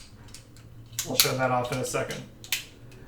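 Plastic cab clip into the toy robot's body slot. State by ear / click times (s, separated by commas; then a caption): seated / 2.5 s. Someone talks while the plastic cab of a Transformers Cyberverse Rack'n'Ruin transformable toy truck is folded up during conversion and its clip is pushed into a slot in the toy robot's body to lock it. Faint light clicks come near 0.3 and 0.6 s, then a sharp, bright snap at 2.5 s as the cab clip seats securely in place.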